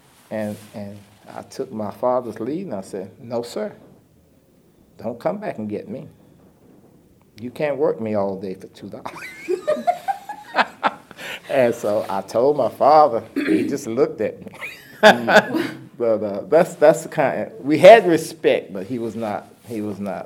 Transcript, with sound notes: I took my father’s lead, and I said, “No sir. Don’t come back and get me. You can’t work me all day for two dollars.” (laughter) And so I told my father, and he just looked at me… (laughter) That’s, that’s the kind–we had respect, but he was not–he was